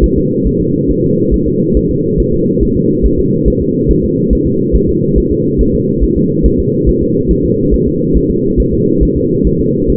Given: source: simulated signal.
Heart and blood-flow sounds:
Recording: fetal heart sounds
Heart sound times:
0.04 s: S1
0.18 s: S2
0.47 s: S1
0.61 s: S2
0.91 s: S1
1.04 s: S2
1.34 s: S1
1.48 s: S2
1.77 s: S1
1.91 s: S2
2.20 s: S1
2.34 s: S2
2.63 s: S1
2.77 s: S2
3.06 s: S1
3.19 s: S2
3.48 s: S1
3.62 s: S2
3.91 s: S1
4.04 s: S2
4.33 s: S1
4.47 s: S2
4.75 s: S1
4.89 s: S2
5.18 s: S1
5.32 s: S2
5.61 s: S1
5.75 s: S2
6.04 s: S1
6.17 s: S2
6.46 s: S1
6.60 s: S2
6.89 s: S1
7.03 s: S2
7.31 s: S1
7.45 s: S2
7.74 s: S1
7.88 s: S2
8.17 s: S1
8.31 s: S2
8.60 s: S1
8.74 s: S2
9.03 s: S1
9.17 s: S2
9.47 s: S1
9.61 s: S2
9.90 s: S1
From the record:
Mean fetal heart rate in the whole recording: 140 bpm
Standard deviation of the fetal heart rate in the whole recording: 2 bpm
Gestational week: 34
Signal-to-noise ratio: -11.2 dB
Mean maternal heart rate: 72 bpm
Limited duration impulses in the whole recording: present

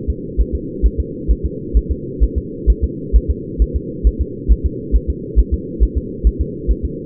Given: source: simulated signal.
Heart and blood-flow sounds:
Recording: fetal heart sounds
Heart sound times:
0.10 s: S2
0.41 s: S1
0.55 s: S2
0.86 s: S1
1.00 s: S2
1.31 s: S1
1.45 s: S2
1.77 s: S1
1.91 s: S2
2.23 s: S1
2.38 s: S2
2.70 s: S1
2.84 s: S2
3.16 s: S1
3.31 s: S2
3.62 s: S1
3.76 s: S2
4.07 s: S1
4.21 s: S2
4.51 s: S1
4.66 s: S2
4.95 s: S1
5.10 s: S2
5.39 s: S1
5.54 s: S2
5.83 s: S1
5.98 s: S2
6.27 s: S1
6.41 s: S2
6.71 s: S1
6.85 s: S2
From the record:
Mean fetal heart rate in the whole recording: 135 bpm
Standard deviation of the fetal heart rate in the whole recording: 3 bpm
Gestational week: 34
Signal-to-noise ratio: -4.1 dB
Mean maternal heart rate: no maternal heart sound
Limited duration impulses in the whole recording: absent

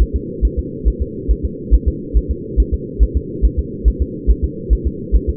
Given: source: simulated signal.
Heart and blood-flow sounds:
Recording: fetal heart sounds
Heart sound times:
0.02 s: S1
0.16 s: S2
0.45 s: S1
0.59 s: S2
0.88 s: S1
1.02 s: S2
1.31 s: S1
1.45 s: S2
1.74 s: S1
1.88 s: S2
2.17 s: S1
2.31 s: S2
2.60 s: S1
2.74 s: S2
3.03 s: S1
3.17 s: S2
3.45 s: S1
3.59 s: S2
3.88 s: S1
4.02 s: S2
4.30 s: S1
4.44 s: S2
4.73 s: S1
4.87 s: S2
5.16 s: S1
5.29 s: S2
From the record:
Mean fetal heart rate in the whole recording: 140 bpm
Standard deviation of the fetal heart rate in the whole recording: 2 bpm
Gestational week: 34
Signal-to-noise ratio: -4.1 dB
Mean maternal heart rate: no maternal heart sound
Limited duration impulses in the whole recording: absent

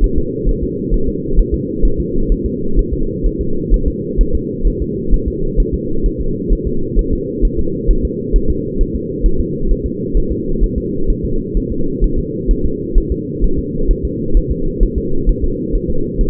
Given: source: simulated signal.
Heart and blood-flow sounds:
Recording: fetal heart sounds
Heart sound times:
0.04 s: S1
0.18 s: S2
0.49 s: S1
0.63 s: S2
0.94 s: S1
1.09 s: S2
1.39 s: S1
1.54 s: S2
1.85 s: S1
2.00 s: S2
2.32 s: S1
2.46 s: S2
2.79 s: S1
2.93 s: S2
3.26 s: S1
3.41 s: S2
3.74 s: S1
3.88 s: S2
4.21 s: S1
4.35 s: S2
4.67 s: S1
4.82 s: S2
5.14 s: S1
5.28 s: S2
5.60 s: S1
5.74 s: S2
6.06 s: S1
6.21 s: S2
6.53 s: S1
6.67 s: S2
6.99 s: S1
7.13 s: S2
7.45 s: S1
7.59 s: S2
7.91 s: S1
8.05 s: S2
8.36 s: S1
8.50 s: S2
8.81 s: S1
8.95 s: S2
9.26 s: S1
9.41 s: S2
9.71 s: S1
9.86 s: S2
10.17 s: S1
10.32 s: S2
10.64 s: S1
10.78 s: S2
11.10 s: S1
11.25 s: S2
11.57 s: S1
11.72 s: S2
12.04 s: S1
12.19 s: S2
12.51 s: S1
12.65 s: S2
12.98 s: S1
13.12 s: S2
13.44 s: S1
13.59 s: S2
13.91 s: S1
14.05 s: S2
14.37 s: S1
14.52 s: S2
14.83 s: S1
14.98 s: S2
15.29 s: S1
15.44 s: S2
15.75 s: S1
15.90 s: S2
16.21 s: S1
From the record:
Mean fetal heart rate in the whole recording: 130 bpm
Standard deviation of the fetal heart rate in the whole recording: 2 bpm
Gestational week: 38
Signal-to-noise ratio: -8.1 dB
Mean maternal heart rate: 72 bpm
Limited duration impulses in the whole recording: absent

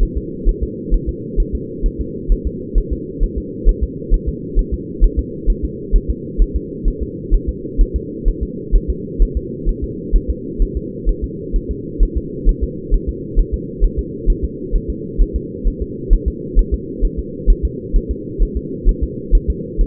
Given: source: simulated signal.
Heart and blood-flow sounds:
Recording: fetal heart sounds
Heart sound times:
0.03 s: S1
0.17 s: S2
0.49 s: S1
0.63 s: S2
0.94 s: S1
1.09 s: S2
1.40 s: S1
1.55 s: S2
1.86 s: S1
2.01 s: S2
2.32 s: S1
2.47 s: S2
2.78 s: S1
2.93 s: S2
3.24 s: S1
3.38 s: S2
3.69 s: S1
3.83 s: S2
4.14 s: S1
4.28 s: S2
4.59 s: S1
4.74 s: S2
5.04 s: S1
5.19 s: S2
5.50 s: S1
5.65 s: S2
5.96 s: S1
6.10 s: S2
6.42 s: S1
6.56 s: S2
6.88 s: S1
7.03 s: S2
7.34 s: S1
7.49 s: S2
7.81 s: S1
7.96 s: S2
8.28 s: S1
8.43 s: S2
8.75 s: S1
8.90 s: S2
9.22 s: S1
9.37 s: S2
9.69 s: S1
9.84 s: S2
10.16 s: S1
10.30 s: S2
10.62 s: S1
10.77 s: S2
11.09 s: S1
11.24 s: S2
11.56 s: S1
11.71 s: S2
12.03 s: S1
12.18 s: S2
12.49 s: S1
12.63 s: S2
12.94 s: S1
13.09 s: S2
13.39 s: S1
13.54 s: S2
13.84 s: S1
13.99 s: S2
14.30 s: S1
14.44 s: S2
14.75 s: S1
14.90 s: S2
15.22 s: S1
15.36 s: S2
15.68 s: S1
15.82 s: S2
16.13 s: S1
16.28 s: S2
16.59 s: S1
16.74 s: S2
17.05 s: S1
17.19 s: S2
17.50 s: S1
17.65 s: S2
17.96 s: S1
18.11 s: S2
18.43 s: S1
18.57 s: S2
18.89 s: S1
19.03 s: S2
19.35 s: S1
19.50 s: S2
19.81 s: S1
From the record:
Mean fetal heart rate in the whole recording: 130 bpm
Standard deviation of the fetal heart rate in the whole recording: 4 bpm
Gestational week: 38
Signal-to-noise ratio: -4.1 dB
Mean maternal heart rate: no maternal heart sound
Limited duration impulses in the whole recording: absent

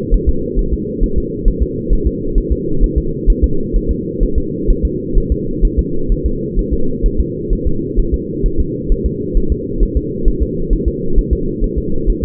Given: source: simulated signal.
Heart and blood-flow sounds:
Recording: fetal heart sounds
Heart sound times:
0.14 s: S1
0.29 s: S2
0.59 s: S1
0.74 s: S2
1.04 s: S1
1.18 s: S2
1.48 s: S1
1.63 s: S2
1.93 s: S1
2.07 s: S2
2.38 s: S1
2.52 s: S2
2.84 s: S1
2.98 s: S2
3.30 s: S1
3.44 s: S2
3.76 s: S1
3.91 s: S2
4.23 s: S1
4.38 s: S2
4.70 s: S1
4.85 s: S2
5.18 s: S1
5.32 s: S2
5.65 s: S1
5.79 s: S2
6.12 s: S1
6.26 s: S2
6.59 s: S1
6.73 s: S2
7.06 s: S1
7.20 s: S2
7.53 s: S1
7.67 s: S2
7.99 s: S1
8.14 s: S2
8.46 s: S1
8.60 s: S2
8.92 s: S1
9.06 s: S2
9.37 s: S1
9.52 s: S2
9.83 s: S1
9.97 s: S2
10.28 s: S1
10.43 s: S2
10.73 s: S1
10.88 s: S2
11.18 s: S1
11.33 s: S2
11.64 s: S1
11.78 s: S2
12.10 s: S1
12.24 s: S2
From the record:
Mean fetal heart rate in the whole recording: 130 bpm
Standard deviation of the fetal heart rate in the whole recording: 2 bpm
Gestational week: 38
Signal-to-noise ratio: -8.1 dB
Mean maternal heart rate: 72 bpm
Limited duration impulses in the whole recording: absent

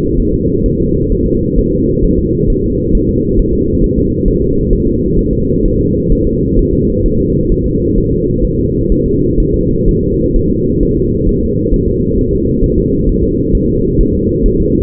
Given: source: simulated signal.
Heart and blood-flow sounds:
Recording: fetal heart sounds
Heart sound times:
0.19 s: S1
0.34 s: S2
0.66 s: S1
0.80 s: S2
1.12 s: S1
1.26 s: S2
1.58 s: S1
1.73 s: S2
2.04 s: S1
2.19 s: S2
2.50 s: S1
2.64 s: S2
2.95 s: S1
3.09 s: S2
3.39 s: S1
3.53 s: S2
3.84 s: S1
3.98 s: S2
4.28 s: S1
4.42 s: S2
4.73 s: S1
4.87 s: S2
5.19 s: S1
5.33 s: S2
5.65 s: S1
5.80 s: S2
6.12 s: S1
6.26 s: S2
6.59 s: S1
6.73 s: S2
7.06 s: S1
7.20 s: S2
7.52 s: S1
7.66 s: S2
7.98 s: S1
8.12 s: S2
8.44 s: S1
8.59 s: S2
8.92 s: S1
9.06 s: S2
9.40 s: S1
9.54 s: S2
9.88 s: S1
10.03 s: S2
10.36 s: S1
10.50 s: S2
10.83 s: S1
10.97 s: S2
11.29 s: S1
11.43 s: S2
11.74 s: S1
11.88 s: S2
12.19 s: S1
12.33 s: S2
12.64 s: S1
12.78 s: S2
13.09 s: S1
13.23 s: S2
13.55 s: S1
13.69 s: S2
14.01 s: S1
14.15 s: S2
14.46 s: S1
14.60 s: S2
From the record:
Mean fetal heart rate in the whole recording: 130 bpm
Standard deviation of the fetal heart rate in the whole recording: 4 bpm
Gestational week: 38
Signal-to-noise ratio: -14.7 dB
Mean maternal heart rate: 72 bpm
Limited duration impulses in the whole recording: present

